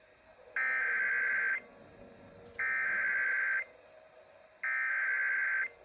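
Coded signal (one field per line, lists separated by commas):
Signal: Emergency Alert System (SAME) tones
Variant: header bursts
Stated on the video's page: Compilation of real EAS alerts for rain storms in California.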